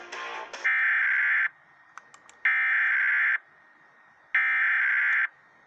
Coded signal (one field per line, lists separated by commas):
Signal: Emergency Alert System (SAME) tones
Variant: header bursts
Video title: EAS 527 HI RMT